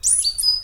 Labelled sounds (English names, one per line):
Stitchbird song